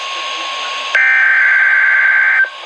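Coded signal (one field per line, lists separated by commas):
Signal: Emergency Alert System (SAME) tones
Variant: header bursts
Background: speech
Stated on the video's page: Two Winter Storm Watch SAME tones received from NOAA Weather Radio.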